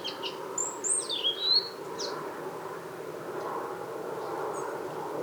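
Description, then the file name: European robin delivering one high, liquid phrase of sliding whistles over steady background hiss, then little but the hiss. "Erithacus rubecula"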